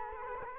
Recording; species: mosquito wingbeat signal from an infrared sensor; Culex quinquefasciatus